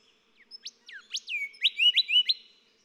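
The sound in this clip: Golden whistler song: a single clear whistled phrase of sliding notes building into loud repeated notes.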